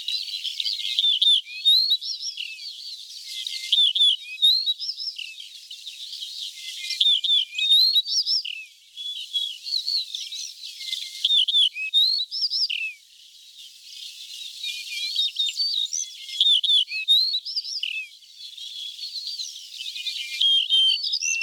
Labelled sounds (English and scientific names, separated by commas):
Yellow-breasted Bunting (Emberiza aureola) song